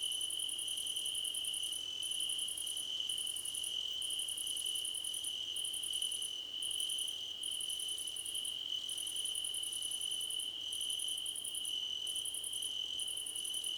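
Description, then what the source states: Several crickets chirp together, one steady shrill trill underneath and rapid pulsed bursts above, pausing briefly at irregular short intervals. Crickets in a chorus, described as a choir competition.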